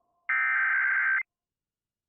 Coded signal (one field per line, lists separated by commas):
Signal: Emergency Alert System (SAME) tones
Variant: header bursts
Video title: THE ALERTS KEEP COMING... EAS Alerts from 3/14-15/24 (EAS #3,736 - 3,756)